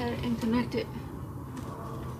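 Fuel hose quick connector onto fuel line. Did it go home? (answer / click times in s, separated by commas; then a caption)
no / none. A second fuel hose quick-connect fitting with its hose clamp is being pushed onto the fuel line while fitting an eFlexFuel E85 conversion kit on a 2015 Mustang GT. Someone talks over low background noise. Nothing has clicked or seated yet.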